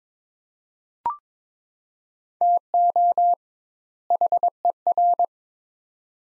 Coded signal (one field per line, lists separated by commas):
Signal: Morse code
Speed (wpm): 21 wpm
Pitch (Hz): 700 Hz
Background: none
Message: TO HER